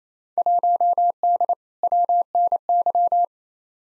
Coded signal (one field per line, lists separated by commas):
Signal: Morse code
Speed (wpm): 28 wpm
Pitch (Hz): 700 Hz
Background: none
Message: 1D WNY